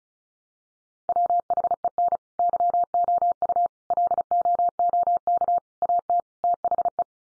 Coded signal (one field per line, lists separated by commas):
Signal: Morse code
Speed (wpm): 34 wpm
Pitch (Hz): 700 Hz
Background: none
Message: WHEN YOU LOOK AT THE